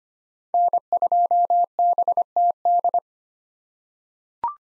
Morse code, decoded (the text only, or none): N2BTD